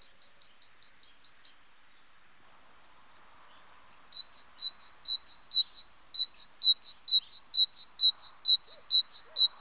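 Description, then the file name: Great tit song, a bright two-note phrase repeated rapidly in a first burst, then a pause and a longer run of two-note phrases. "Mesange charbonniere"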